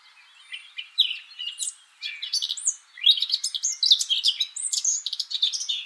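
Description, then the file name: Eurasian blackcap song: a short quiet pause, then lively varied warbling with sharp chirps and twisting whistled notes. "Sylvia atricapilla"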